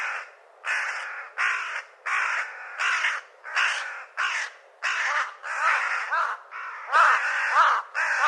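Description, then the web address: Bird calling with rapid, repeated harsh caws, steady and insistent throughout. "cianscape birddata Deverinetal"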